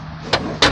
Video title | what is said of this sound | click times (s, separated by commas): Ford Econoline Rear A/C Door Repair | Oh, I see. It snaps back into place right here. | 0.6 s